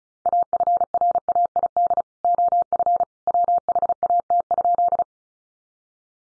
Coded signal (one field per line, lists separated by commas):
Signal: Morse code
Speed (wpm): 34 wpm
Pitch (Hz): 700 Hz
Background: none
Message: AFRAID OF WHAT?